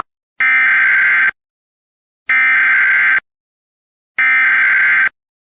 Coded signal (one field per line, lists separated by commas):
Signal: Emergency Alert System (SAME) tones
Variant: header bursts